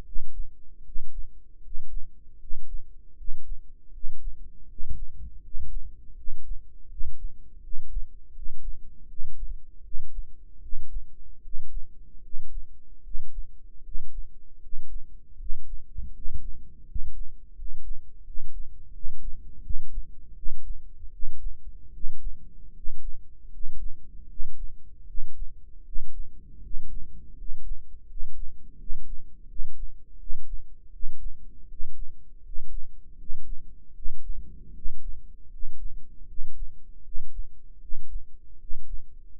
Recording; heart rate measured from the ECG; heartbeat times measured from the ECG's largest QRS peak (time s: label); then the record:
heart sounds by microphone in the right ear; 79 bpm
0.03 s: heartbeat
0.82 s: heartbeat
1.60 s: heartbeat
2.37 s: heartbeat
3.15 s: heartbeat
3.91 s: heartbeat
4.66 s: heartbeat
5.40 s: heartbeat
6.14 s: heartbeat
6.87 s: heartbeat
7.60 s: heartbeat
8.32 s: heartbeat
9.06 s: heartbeat
9.82 s: heartbeat
10.60 s: heartbeat
11.41 s: heartbeat
12.21 s: heartbeat
13.01 s: heartbeat
13.82 s: heartbeat
14.59 s: heartbeat
15.37 s: heartbeat
16.12 s: heartbeat
16.85 s: heartbeat
17.54 s: heartbeat
18.23 s: heartbeat
18.91 s: heartbeat
19.61 s: heartbeat
20.34 s: heartbeat
21.10 s: heartbeat
21.91 s: heartbeat
22.72 s: heartbeat
23.49 s: heartbeat
24.27 s: heartbeat
25.05 s: heartbeat
25.83 s: heartbeat
26.60 s: heartbeat
27.34 s: heartbeat
28.06 s: heartbeat
28.77 s: heartbeat
29.47 s: heartbeat
30.17 s: heartbeat
30.90 s: heartbeat
31.67 s: heartbeat
32.42 s: heartbeat
33.16 s: heartbeat
33.93 s: heartbeat
34.72 s: heartbeat
35.49 s: heartbeat
36.26 s: heartbeat
37.02 s: heartbeat
37.79 s: heartbeat
38.57 s: heartbeat
39.37 s: heartbeat
From the record:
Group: healthy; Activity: rest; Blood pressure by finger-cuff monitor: 108/71 mmHg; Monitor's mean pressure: 78 mmHg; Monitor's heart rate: 79 bpm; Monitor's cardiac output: 6.9 L/min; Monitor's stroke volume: 86 mL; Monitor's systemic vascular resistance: 810 dyn s/cm5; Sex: male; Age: 35 years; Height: 180 cm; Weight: 86.9 kg